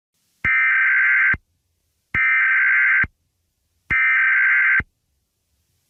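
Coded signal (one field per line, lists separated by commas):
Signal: Emergency Alert System (SAME) tones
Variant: header bursts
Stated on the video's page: Simulated EAS scenario.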